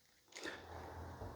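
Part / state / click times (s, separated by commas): battery cover into car key fob / not seated / none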